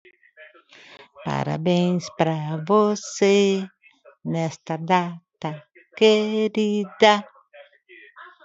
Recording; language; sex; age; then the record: short text; Brazilian Portuguese; female; 50 to 59 years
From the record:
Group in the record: control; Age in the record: 58 years